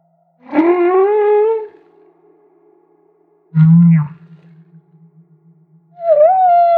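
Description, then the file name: Humpback whale song: a rising harmonic moan, a deep grunt trailing into a low hum, then a higher dipping tonal cry. Maui. "Humpback Whale - Maui Whale One"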